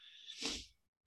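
A cat sneezes in the background.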